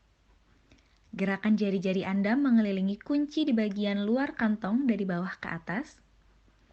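A colostomy pouch's coupling ring is pressed onto the flange of the skin barrier wafer, with fingers working round it from bottom to top. A few faint brief ticks come just before someone talks over the handling. Nothing has seated or clicked yet.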